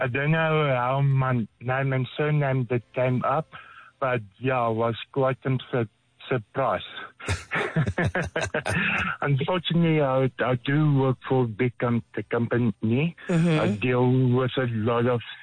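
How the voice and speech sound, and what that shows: Adult male caller speaking over the phone on a radio show, with part-word repetitions, repeated words, prolonged sounds and long pauses, typical of stuttering; he says he stutters a lot.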